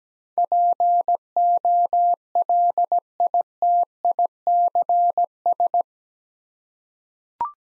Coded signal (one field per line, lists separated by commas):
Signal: Morse code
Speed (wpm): 17 wpm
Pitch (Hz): 700 Hz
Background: none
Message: POLITICS